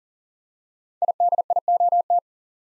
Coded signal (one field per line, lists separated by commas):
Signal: Morse code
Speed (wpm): 42 wpm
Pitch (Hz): 700 Hz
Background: none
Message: IDIOT